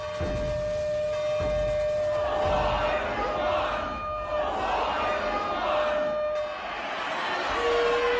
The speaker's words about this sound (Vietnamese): Tiếng chiêng, tiếng tù và hòa lẫn và tiếng trống vang lên dồn dập, một bầu không khí vô cùng náo nhiệt. Khi mà sau mỗi hồi tù và, toàn bộ dân làng bái lại một cách đồng loạt.